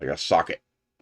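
Someone talks while handling an E2X-style plastic rocket fin meant to be pushed into a socket on the printed rocket body, where it clicks into place and then locks in. Nothing has seated or clicked yet, and the speech ends with near silence after about 0.6 seconds.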